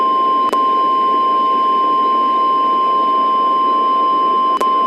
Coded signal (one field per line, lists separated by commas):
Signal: Emergency Alert System (SAME) tones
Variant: 1050 Hz attention tone